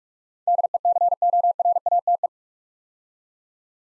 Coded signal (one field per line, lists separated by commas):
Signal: Morse code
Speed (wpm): 44 wpm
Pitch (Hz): 700 Hz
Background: none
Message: DECORATE